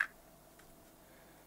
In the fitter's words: So, jetzt ist er eingerastet.